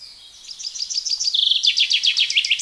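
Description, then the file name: Common chaffinch song: a fast trill of high notes falling through successive phrases into a lower rattling run, cut off at the end. "Fringilla coelebs"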